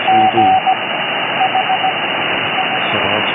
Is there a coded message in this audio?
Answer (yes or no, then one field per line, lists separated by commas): yes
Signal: Morse code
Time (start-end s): 0.1-2.8 s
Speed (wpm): 16 wpm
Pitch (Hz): 760 Hz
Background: speech, radio noise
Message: G H I